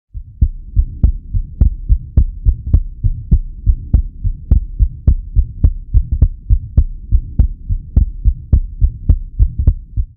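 Regular child heartbeat near 105 a minute with a low, humming vibratory murmur: Still's murmur, an innocent finding.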